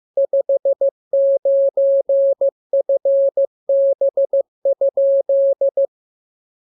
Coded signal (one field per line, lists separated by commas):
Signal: Morse code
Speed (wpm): 15 wpm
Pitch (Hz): 550 Hz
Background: none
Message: 59FB?